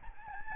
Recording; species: mosquito wingbeat signal from an infrared sensor; Aedes albopictus